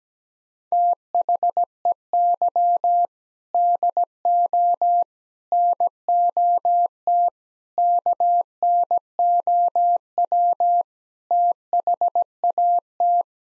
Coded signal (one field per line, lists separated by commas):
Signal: Morse code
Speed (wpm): 17 wpm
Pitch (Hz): 700 Hz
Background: none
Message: THEY DO NOT KNOW THAT